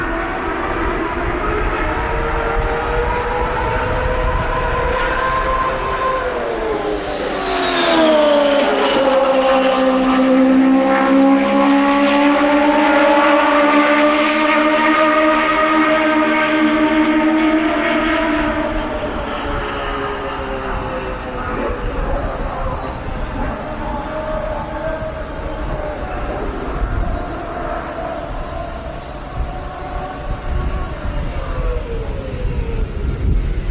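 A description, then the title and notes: A turbocharged IndyCar V8 engine drones loudly and without a break. Its whining pitch climbs sharply around seven seconds, holds high and steady until about eighteen seconds, then dips and wavers as the engine note shifts for the rest of the run. Pre-season testing for CART IndyCar Series teams at the one-mile Phoenix International Raceway oval where the glorious 2.65-liter turbocharged V8 engines rage.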